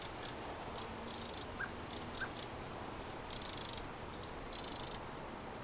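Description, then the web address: Eurasian wren ticking, then two extended grating churrs near three and a half and five seconds, against noisy background. "pub SETE data Troglodytes troglodytes"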